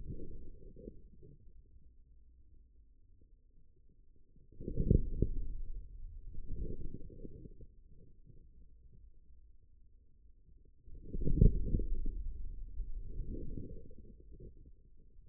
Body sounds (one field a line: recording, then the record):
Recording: forearm muscle sounds (acoustic myography)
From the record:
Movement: outward rotation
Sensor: system 2, bracelet of six BSWA MPA416 microphones around the upper forearm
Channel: 6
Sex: male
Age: 22 years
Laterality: right